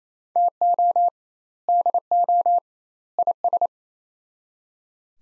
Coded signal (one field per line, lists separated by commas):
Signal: Morse code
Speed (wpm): 28 wpm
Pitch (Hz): 700 Hz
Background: none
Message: TO DO IS